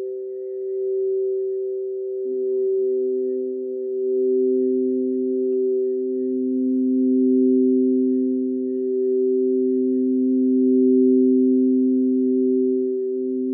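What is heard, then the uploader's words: Singing bowls ring in a steady, pure-toned drone of stacked mid tones, with a lower tone joining near two seconds and slowly swelling and pulsing. Soundscape singing bowls.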